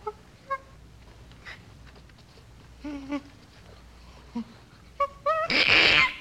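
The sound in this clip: Chimpanzee whimpering, scattered short tonal cries and soft sobbing notes, ending in a loud harsh noisy scream that rises and holds.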